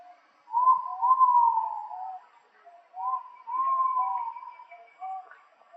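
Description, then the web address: Ivory-breasted pitta whistling a drawn-out, slightly rising then falling note. The note repeats after roughly two and a half seconds, and short quiet notes are heard in between. Recorded in Indonesia. "ULM-DS-Lab indonesian-bird-sounds. Pitta maxima"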